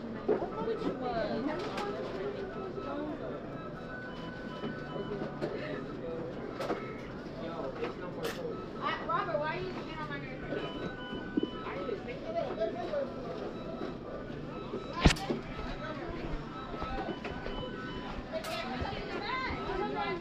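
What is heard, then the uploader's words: A busy McDonald's in New York City, full of overlapping chatter from many voices that never lets up. A low steady hum runs underneath, and sharp clicks and clatters break through now and then, with a loud knock near fifteen seconds. NYC sounds: McDonald's.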